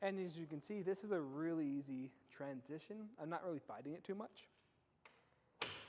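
A Thule Epos hitch bike rack for 2 bikes, loaded with a bike on a 2024 Toyota RAV4, is lifted from its tilted-away position back up into the seated position while someone talks. After a quiet stretch with a faint tap at 5.1 s, the tilt pivot latch engages with a sharp click at 5.6 s, locking the rack upright.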